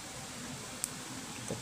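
A flex connector is pressed onto its socket on a phone circuit board, giving a single sharp snap at 0.8 s against a low, steady background. The connector is seated.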